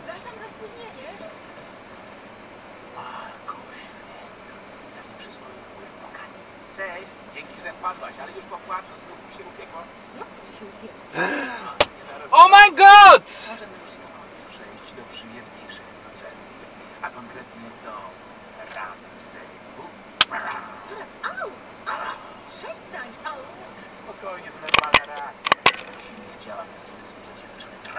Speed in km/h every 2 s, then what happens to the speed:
17, 7, 7, 4, 0, 1, 0, 0, 9, 4, 1, 1, 5, 4.
0-8 slows to 0. 8-15 standing. 19-22 standing. 22-28 steady at about 4.